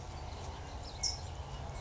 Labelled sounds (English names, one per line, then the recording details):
California Towhee
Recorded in Sonoma County, California